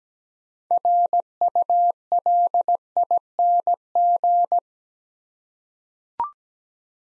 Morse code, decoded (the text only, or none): RULING